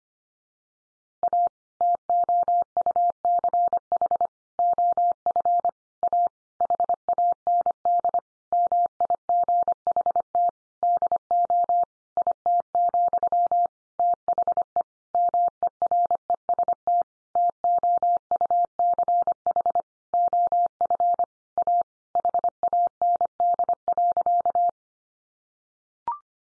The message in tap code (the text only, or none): none